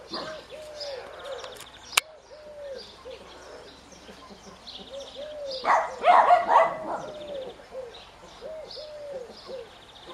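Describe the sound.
Bird calling, arched mid-pitched notes repeated in a steady series, with a sharp click near the start and a brief burst of noise partway through.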